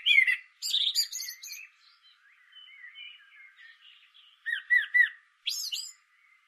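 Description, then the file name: Common blackbird singing squeaky high twitters and soft warbling, then clear looping whistled notes and a final thin flourish. "Turdus merula"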